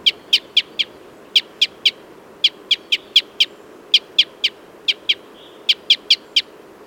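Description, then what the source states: Red crossbill calling with crisp, emphatic kip notes in bursts of two to five, separated by brief gaps, against a faint low hiss. Red crossbill of call type N.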